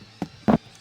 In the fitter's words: And then fold this around to snap into place right there.